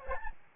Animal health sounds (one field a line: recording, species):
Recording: mosquito wingbeat signal from an infrared sensor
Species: Aedes albopictus